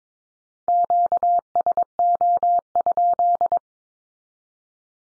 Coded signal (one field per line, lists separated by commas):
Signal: Morse code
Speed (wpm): 22 wpm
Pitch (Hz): 700 Hz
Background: none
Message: QSO?